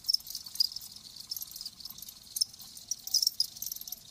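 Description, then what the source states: A dense, shrill cricket chorus forms a continuous high buzz, with a few sharper chirps rising above it. Live crickets chirping.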